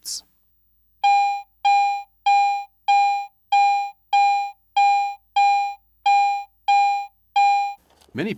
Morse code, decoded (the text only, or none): none